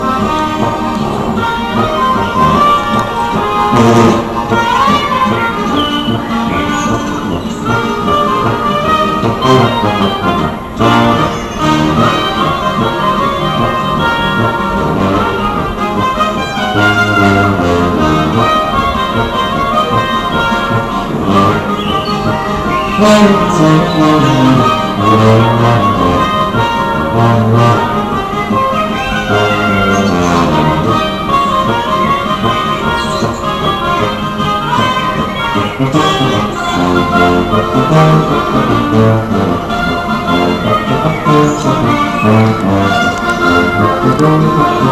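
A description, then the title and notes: A wedding band plays a lively tune at a steady, full loudness with no pauses. Layered instruments fill the low and middle range with busy, shifting melodic lines, and bright sharp accents land throughout, while a faint voice may come through at times. Wedding orchestra in Rogashka Slatina, Slovenia.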